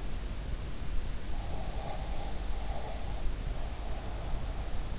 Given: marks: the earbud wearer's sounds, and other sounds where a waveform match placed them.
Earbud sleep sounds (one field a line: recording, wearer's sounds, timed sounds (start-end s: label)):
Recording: sounds in sleep by an in-ear microphone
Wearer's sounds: breath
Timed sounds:
1.55-4.76 s: breath